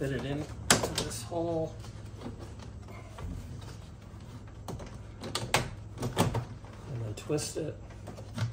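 Someone talks while fitting the plastic exhaust hose end fitting into the port on a portable air conditioner and starting to twist it, with short sharp knocks and scrapes of handling heard around 4.7 to 7.2 seconds. The clip ends before the fitting goes home; nothing has seated or locked yet.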